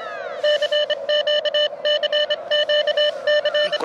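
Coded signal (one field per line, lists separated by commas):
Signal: Morse code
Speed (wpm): 22 wpm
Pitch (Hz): 600 Hz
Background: none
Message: CQCQC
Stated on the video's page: Park-to-park POTA CW contact by a beginner operator, calling other park activators at dusk after activating a park.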